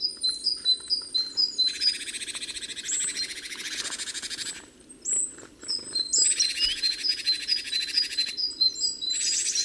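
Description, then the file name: Great tit churring calls: two long harsh buzzy rattles mixed with rapid high chirps and whistled notes. "Parus major"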